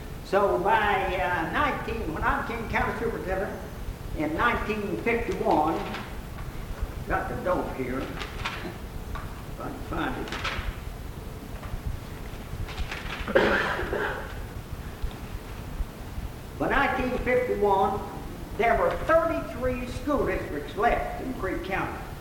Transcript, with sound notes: So by 19--when I became county superintendent in 1951--got the notes, here, (papers rustling) if I can find it--by 1951, there were thirty-three school districts left in Creek County.